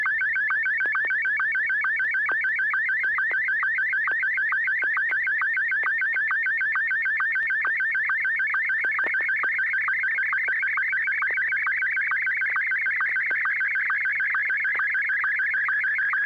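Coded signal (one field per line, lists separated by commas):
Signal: SSTV (slow-scan television)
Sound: continuous warbling, chirping tone with rapid regular ticks, steady throughout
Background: low hum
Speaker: Joel ai6 DG to go ahead and send a a picture when you're ready go ahead Joel I that's [Music] all right uh just received the photograph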